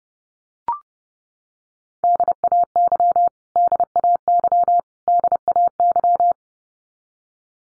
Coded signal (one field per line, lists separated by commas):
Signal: Morse code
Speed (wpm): 29 wpm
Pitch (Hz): 700 Hz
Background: none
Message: DAY DAY DAY